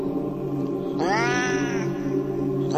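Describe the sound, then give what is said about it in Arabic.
A cat locked inside a bag lets out a long, wavering caterwaul lasting almost a second, its harmonics bending upward, then a second yowl starts at the end over a steady low background hum. “في الأول بدأت تصرخ صرخات القطط العادية، لكن بعد كده الصرخات اتحولت وبدأت الشنطة طالع منها صوت، صوت القطط اللي يخوف اللي أنا ما بحبوش.”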